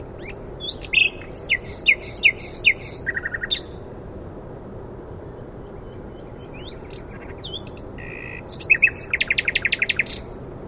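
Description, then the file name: Common nightingale song with varied whistles and chirps, a pause of several seconds, then a fast, rattling repeated series at the end. "Luscinia megarhynchos"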